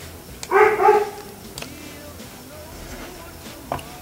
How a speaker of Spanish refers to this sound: sino que es un perrito que está aquí al lado, aquí un perro vecino que se pone a ladrar de repente cuando hacemos las transmisiones acá, todo lo que da, pero pues bueno, ya es parte del ambiente, ya saben, del ambiente citadino.